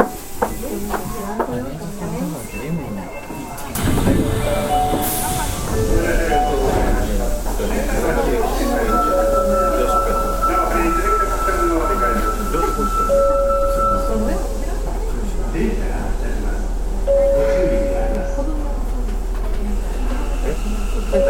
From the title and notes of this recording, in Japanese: 大阪市交 30000系 新大阪からなんばまで。大阪市交通局の30000系電車の走行音です。御堂筋線にて収録しました。区間は、新大阪からなんばまでです。